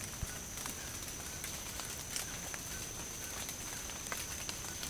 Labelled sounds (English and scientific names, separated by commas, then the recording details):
White-throated Toucan (Ramphastos tucanus)
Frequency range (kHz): White-throated Toucan (Ramphastos tucanus) 0.8-2.3 kHz
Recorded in dense forest near Puerto Asís, Putumayo, Colombia, on 29 June 2025 at 14:00
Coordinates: 0.503, -76.323
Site G059